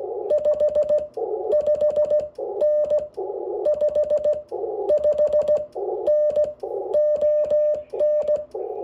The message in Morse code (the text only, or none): 55N 55N ON